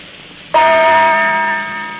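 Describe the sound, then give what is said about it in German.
A single radio time-signal gong stroke marking 8:01 p.m. rings out suddenly from low hum, with bright layered metallic overtones that hold steady and fade only slowly over the next second and a half. “Die Zeit mit dem Gongschlag 20 Uhr und eine Minute.”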